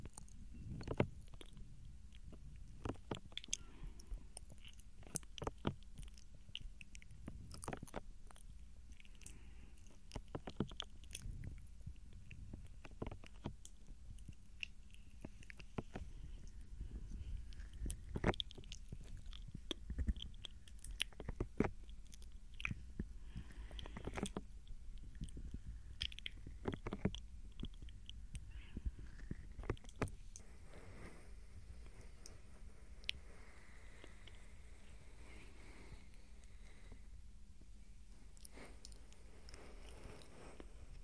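Soft ear touching and gentle mouth sounds: irregular crackly taps and smacks over a low rumble, thinning out after thirty seconds.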